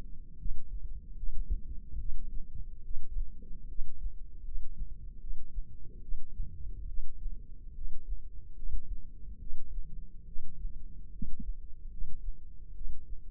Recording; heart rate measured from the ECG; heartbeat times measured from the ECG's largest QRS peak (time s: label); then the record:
heart sounds by microphone in the left ear; 73 bpm
0.37 s: heartbeat
1.15 s: heartbeat
1.97 s: heartbeat
2.82 s: heartbeat
3.67 s: heartbeat
4.43 s: heartbeat
5.19 s: heartbeat
6.00 s: heartbeat
6.86 s: heartbeat
7.73 s: heartbeat
8.54 s: heartbeat
9.38 s: heartbeat
10.25 s: heartbeat
11.10 s: heartbeat
11.89 s: heartbeat
12.73 s: heartbeat
From the record:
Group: healthy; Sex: female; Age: 19 years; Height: 163 cm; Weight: 51 kg